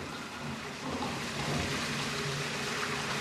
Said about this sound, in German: Das heiße Wasser kommt aus dem Berg Tabori.